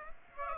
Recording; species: mosquito wingbeat signal from an infrared sensor; Aedes aegypti